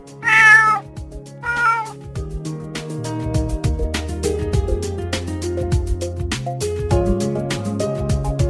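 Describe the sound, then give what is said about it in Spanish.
A small cat gives two loud, high-pitched meows in quick succession, the first longer than the second, before a steady bed of soft instrumental music takes over. “El veterinario solo le recetó una pomada para que no se le cayera el pelo y le dijo a la señora, su gato se ha salvado porque es muy pequeño.”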